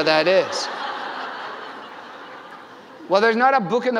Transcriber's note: laughter